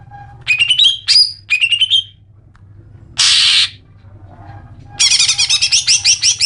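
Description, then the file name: Greater green leafbird giving short twittering phrases, a harsh buzzy burst, then a rapid rattling series of high notes. Chattering (crecetan) call. "crecetan cucak hijau wezmody"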